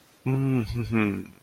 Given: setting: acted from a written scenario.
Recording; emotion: vocal sound without words; serenity